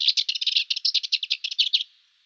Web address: Schulze Peter Cyprus Warbler song